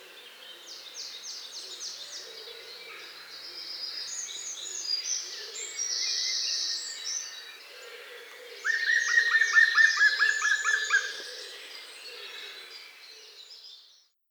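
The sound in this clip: Birds singing over soft background noise, with layered high twittering and a brief bright trill of repeated notes in the second half.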